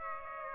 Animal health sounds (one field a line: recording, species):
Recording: mosquito wingbeat signal from an infrared sensor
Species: Aedes aegypti